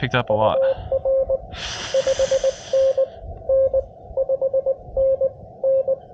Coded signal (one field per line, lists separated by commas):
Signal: Morse code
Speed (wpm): 27 wpm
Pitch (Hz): 530 Hz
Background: speech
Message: UR 5NN 5NN